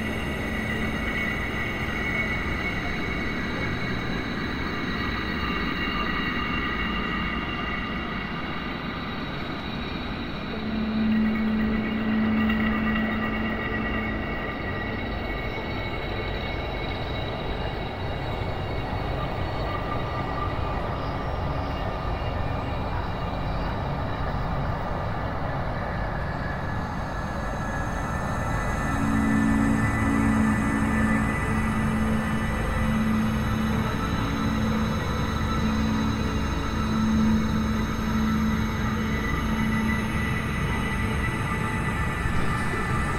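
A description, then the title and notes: Steady low rumble and rattle inside a train gangway, with a brief squealing tone near 11 seconds and repeated pulsing squeals from 29 to 40 seconds. Train To Newcastle. I was capturing some samples from inside one of the gangways as we rolled into Newcastle.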